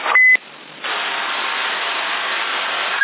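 An intruding carrier on a CB radio channel in Sassari comes through as a steady hiss of static, with a brief high beep tone at the start and another short beep cutting in at the very end.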